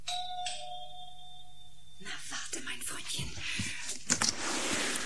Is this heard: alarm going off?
no